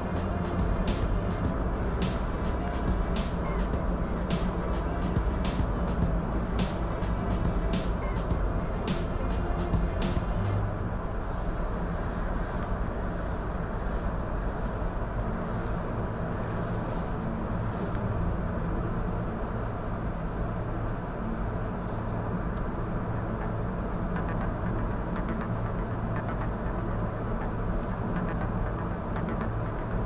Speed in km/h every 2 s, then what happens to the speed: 70, 70, 71, 71, 70, 70, 70, 69, 69, 69, 69, 69, 69, 68, 68.
0-30 steady at about 69.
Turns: none.